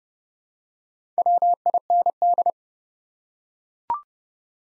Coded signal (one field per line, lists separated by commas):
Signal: Morse code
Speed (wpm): 29 wpm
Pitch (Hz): 700 Hz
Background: none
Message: WIND